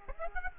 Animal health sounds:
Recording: mosquito wingbeat signal from an infrared sensor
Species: Aedes aegypti

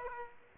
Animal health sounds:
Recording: mosquito wingbeat signal from an infrared sensor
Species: Aedes aegypti

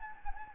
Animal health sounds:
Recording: mosquito wingbeat signal from an infrared sensor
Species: Anopheles gambiae

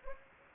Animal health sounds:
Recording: mosquito wingbeat signal from an infrared sensor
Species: Anopheles gambiae

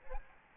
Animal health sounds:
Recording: mosquito wingbeat signal from an infrared sensor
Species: Aedes albopictus

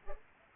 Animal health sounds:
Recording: mosquito wingbeat signal from an infrared sensor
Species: Culex pipiens

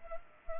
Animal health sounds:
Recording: mosquito wingbeat signal from an infrared sensor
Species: Culex pipiens

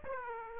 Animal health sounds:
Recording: mosquito wingbeat signal from an infrared sensor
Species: Aedes aegypti

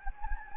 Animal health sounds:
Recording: mosquito wingbeat signal from an infrared sensor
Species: Anopheles gambiae

